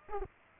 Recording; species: mosquito wingbeat signal from an infrared sensor; Culex pipiens